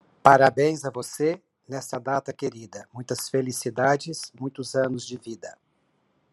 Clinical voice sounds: short text; Brazilian Portuguese; male; 50 to 59 years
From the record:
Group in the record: control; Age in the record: 54 years

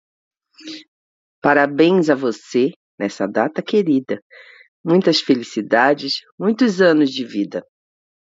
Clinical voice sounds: short text; Brazilian Portuguese; female; 50 to 59 years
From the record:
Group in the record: control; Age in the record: 54 years

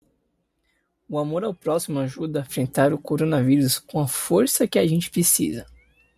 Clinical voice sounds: spoken sentence; Brazilian Portuguese; male; 20 to 29 years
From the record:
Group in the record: control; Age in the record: 21 years

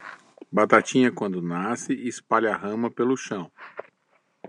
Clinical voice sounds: short text; Brazilian Portuguese; male; 50 to 59 years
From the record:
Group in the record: control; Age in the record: 53 years

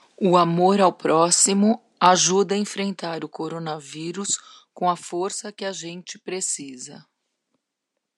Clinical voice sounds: spoken sentence; Brazilian Portuguese; female; 60 to 69 years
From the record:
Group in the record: control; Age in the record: 60 years

